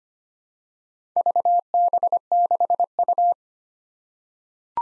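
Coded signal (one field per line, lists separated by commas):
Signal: Morse code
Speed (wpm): 25 wpm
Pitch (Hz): 700 Hz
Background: none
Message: VB6U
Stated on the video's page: Morse practice drill of random four-character letter-number groups at 25 wpm, each sent, then spoken, then sent again for head-copy.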